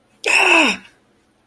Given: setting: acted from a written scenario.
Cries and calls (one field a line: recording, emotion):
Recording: vocal sound without words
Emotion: fear